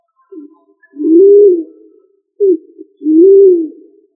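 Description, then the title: Pigeon cooing: a short note, then a longer arched coo, the pair given twice about two seconds apart. "Familia ColumbidaePomba"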